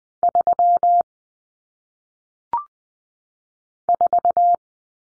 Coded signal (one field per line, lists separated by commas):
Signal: Morse code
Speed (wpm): 20 wpm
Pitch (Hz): 700 Hz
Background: none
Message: 3 4